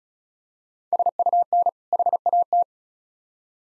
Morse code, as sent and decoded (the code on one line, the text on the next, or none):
... ..- -. / .... .- -
SUN HAT